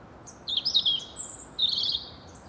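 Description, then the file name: European robin song phrase of high, tinkling, wavering notes, a short gap, then a second shimmering high trill. "Erithacus rubecula"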